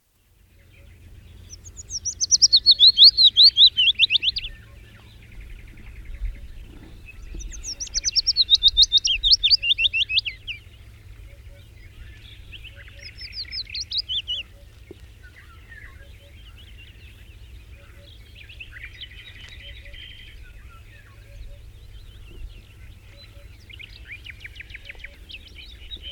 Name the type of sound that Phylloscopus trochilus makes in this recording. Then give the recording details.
song. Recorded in the wild. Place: Dumbraveni, Transilvania, RO. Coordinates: 46.23, 24.575. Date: 1973-05-02. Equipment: Nagra III BH, Sennheiser MD 21, parabola. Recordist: Schubert, Michael. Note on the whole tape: derselbe singend